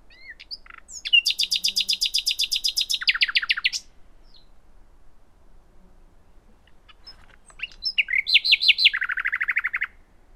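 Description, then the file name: Common nightingale song: a long fast trill of repeated clicking notes ending in a slurred phrase, silence, then another rattling trill that drops lower. "Luscinia megarhynchos"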